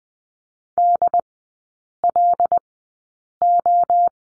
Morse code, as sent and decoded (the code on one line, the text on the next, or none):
-.. .-.. ---
DLO